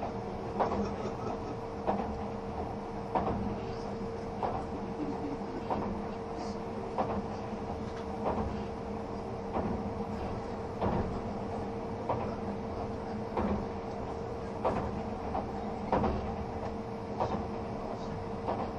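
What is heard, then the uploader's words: The express train Spacia X runs along with a steady low rumble and a constant tone held throughout. Rhythmic clacks of wheels over rail joints come about every one to two seconds, some in quick pairs, over an otherwise even roar. 東武N100系 スペーシア07号 01/01:浅草～鬼怒川温泉. その車両の最長運用となる特急＂スペーシアＸ07号＂の列車走行音. Train running sound.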